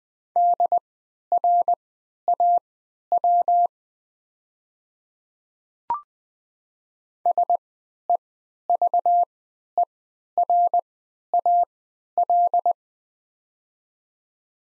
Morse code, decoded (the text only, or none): DRAW SEVERAL